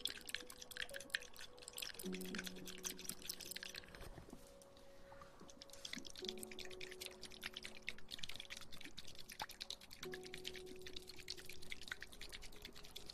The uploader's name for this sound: Ear Massage Water Sounds